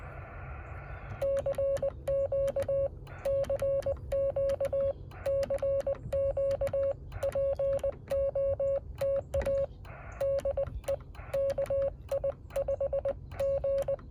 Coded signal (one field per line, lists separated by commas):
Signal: Morse code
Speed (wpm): 20 wpm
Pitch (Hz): 550 Hz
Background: radio noise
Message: CQ CQ CQ POTA DE KI5G